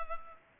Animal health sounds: mosquito wingbeat signal from an infrared sensor; Culex pipiens

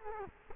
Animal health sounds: mosquito wingbeat signal from an infrared sensor; Culex quinquefasciatus

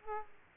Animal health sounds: mosquito wingbeat signal from an infrared sensor; Aedes aegypti

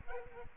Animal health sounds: mosquito wingbeat signal from an infrared sensor; Aedes aegypti

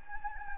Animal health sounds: mosquito wingbeat signal from an infrared sensor; Anopheles gambiae

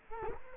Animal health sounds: mosquito wingbeat signal from an infrared sensor; Culex quinquefasciatus

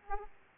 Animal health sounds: mosquito wingbeat signal from an infrared sensor; Aedes aegypti

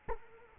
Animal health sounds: mosquito wingbeat signal from an infrared sensor; Culex quinquefasciatus

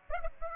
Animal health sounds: mosquito wingbeat signal from an infrared sensor; Aedes aegypti

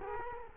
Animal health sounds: mosquito wingbeat signal from an infrared sensor; Culex quinquefasciatus

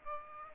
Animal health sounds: mosquito wingbeat signal from an infrared sensor; Aedes aegypti

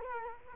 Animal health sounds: mosquito wingbeat signal from an infrared sensor; Culex quinquefasciatus

